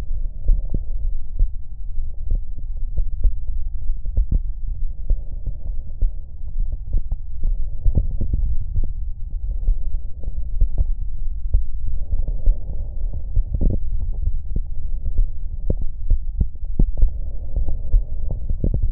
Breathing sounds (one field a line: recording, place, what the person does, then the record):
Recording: lung sounds by stethoscope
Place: right anterior apical chest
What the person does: quiet breathing, then deep breathing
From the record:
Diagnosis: COPD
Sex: male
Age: 57 years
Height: 165 cm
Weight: 85.7 kg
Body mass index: 31.5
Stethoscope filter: extended mode